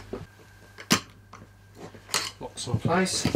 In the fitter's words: located on to the piston locks in